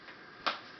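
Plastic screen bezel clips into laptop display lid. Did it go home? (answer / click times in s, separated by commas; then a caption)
no / none. A plastic screen bezel is pressed by hand into the display lid of a Lenovo Y500 laptop, working toward the outer edges. A faint handling noise is followed by a short, bright tap near 0.5 s that quickly fades. Nothing has seated or clicked into place yet.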